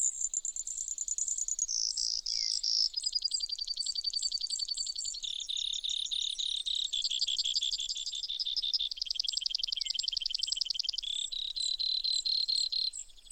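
Brewer's sparrow song: an unbroken chain of buzzy and trilled phrases, each at a new high pitch and tempo, lasting the whole stretch.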